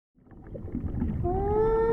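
Whale song: a low, rumbling swell builds over the first second, then a tonal moan rises gently in pitch with clear overtones.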